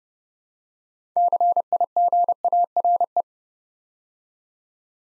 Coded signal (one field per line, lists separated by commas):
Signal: Morse code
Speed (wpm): 30 wpm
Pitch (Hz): 700 Hz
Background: none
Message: CIGARE